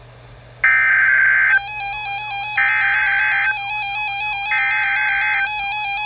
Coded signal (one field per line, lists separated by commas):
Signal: Emergency Alert System (SAME) tones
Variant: header bursts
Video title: (Double Header) 2 River Flood Warnings - 01/24/19 (EAS #39-40)